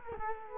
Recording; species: mosquito wingbeat signal from an infrared sensor; Culex quinquefasciatus